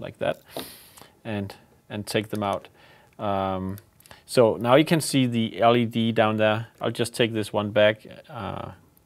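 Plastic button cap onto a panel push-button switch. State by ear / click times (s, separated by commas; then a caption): not seated / none. Someone talks while handling a removed plastic button cap over its push-button switch on a control panel, getting ready to press it back on. Only speech and faint handling noises are heard; the cap has not yet seated or clicked onto the switch when the clip ends.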